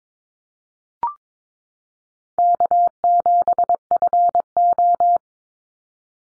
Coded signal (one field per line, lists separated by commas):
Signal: Morse code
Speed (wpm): 22 wpm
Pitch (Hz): 700 Hz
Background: none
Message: K7FO